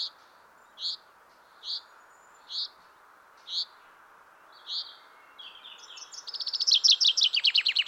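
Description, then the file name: Common chaffinch repeats a short high call note roughly once a second, then breaks into a rapid, rattling song of bright descending chirps. "Fringilla coelebs"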